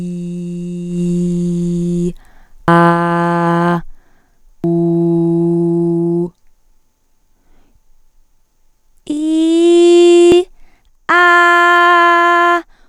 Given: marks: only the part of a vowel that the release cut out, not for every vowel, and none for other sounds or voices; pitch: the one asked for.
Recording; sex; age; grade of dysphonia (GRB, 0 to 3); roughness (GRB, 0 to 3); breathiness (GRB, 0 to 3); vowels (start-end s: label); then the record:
sustained vowels; female; 20 to 29 years; 0; 0; 0
0.00-1.99 s: vowel /i/, normal pitch
2.73-3.70 s: vowel /a/, normal pitch
4.71-6.17 s: vowel /u/, normal pitch
9.18-10.31 s: vowel /i/, high pitch
11.36-12.51 s: vowel /a/, high pitch
From the record:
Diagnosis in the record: hyperfunctional dysphonia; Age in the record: 29 years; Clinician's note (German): Leichte Form bei beginnender Phonationsverdickung, ponogene Komponente